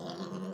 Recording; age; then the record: pig call; piglet (1 to 25 days)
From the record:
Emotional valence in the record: negative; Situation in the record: long isolation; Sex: female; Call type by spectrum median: low-frequency call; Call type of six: low-frequency modulated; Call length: 0.54 s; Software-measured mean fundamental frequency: 62 Hz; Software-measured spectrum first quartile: 233 Hz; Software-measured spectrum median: 481 Hz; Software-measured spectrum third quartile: 1355 Hz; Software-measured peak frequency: 186 Hz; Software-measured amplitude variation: 129 dB a second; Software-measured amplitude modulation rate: 20.3 a second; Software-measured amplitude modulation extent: 6.4 dB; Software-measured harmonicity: 4.1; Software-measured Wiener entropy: -1.11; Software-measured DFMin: 1509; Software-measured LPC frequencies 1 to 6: 3175, 4433, 4919, 5685, 6541, 7362 Hz